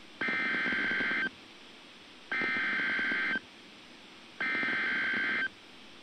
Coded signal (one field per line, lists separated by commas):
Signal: Emergency Alert System (SAME) tones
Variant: header bursts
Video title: Real EAS #328 - Special Marine Warning